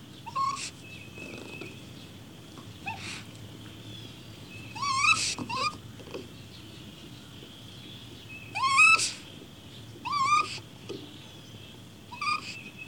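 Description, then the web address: Raccoon giving brief whimpering cries that waver in pitch and come singly or in pairs every few seconds, with a thin constant high tone behind them. Caged raccoon crying, with birds in the background. "raccoon crying in cage birds in bg"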